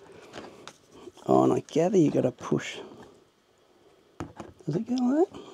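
A handheld 3D scanner (Creality Raptor or Otter) is being handled onto its Creality Scan Bridge wireless mount, with light knocks and handling sounds while someone talks. Nothing has seated or clicked on the mount yet.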